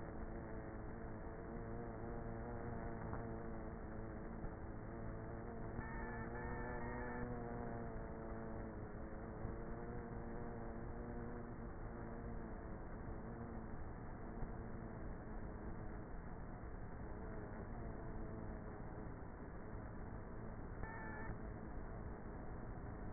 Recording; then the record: honeybee colony, microphone inside the hive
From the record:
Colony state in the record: queenless with a low population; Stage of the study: before two queens were removed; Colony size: about 30,000 bees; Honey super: no